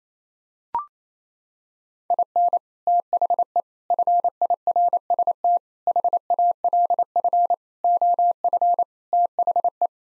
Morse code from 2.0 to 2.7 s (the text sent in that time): IN